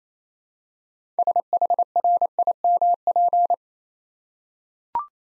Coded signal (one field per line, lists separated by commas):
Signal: Morse code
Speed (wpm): 29 wpm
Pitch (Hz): 700 Hz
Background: none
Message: SHRIMP